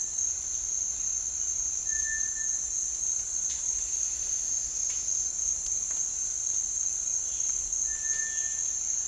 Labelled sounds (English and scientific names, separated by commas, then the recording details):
Cinereous Tinamou (Crypturellus cinereus)
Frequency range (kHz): Cinereous Tinamou (Crypturellus cinereus) 1.1-2.1 kHz
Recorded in dense forest near Puerto Asís, Putumayo, Colombia, on 24 March 2025 at 08:00
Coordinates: 0.499, -76.324
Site GP03